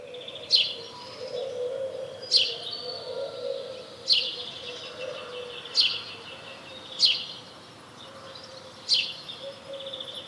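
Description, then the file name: House sparrow chirping: six sharp, bright chirps spaced about one to two seconds apart, over a faint steady low hum. "Passer domesticus"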